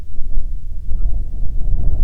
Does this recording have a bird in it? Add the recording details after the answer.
yes. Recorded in the Prudhoe Bay oil fields, Alaska, on 7 August 2019 at 14:11. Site 17